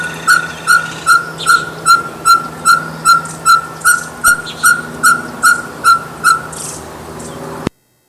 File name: Glaucidium brasilianum